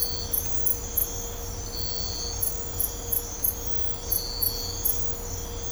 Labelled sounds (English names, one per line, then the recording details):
none
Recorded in dense forest near Puerto Asís, Putumayo, Colombia, on 22 December 2024 at 04:00
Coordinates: 0.503, -76.323
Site G043